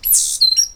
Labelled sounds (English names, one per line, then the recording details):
Stitchbird song
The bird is a male
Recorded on Tiritiri Matangi Island, New Zealand, in 2005
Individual 8, of nest box 10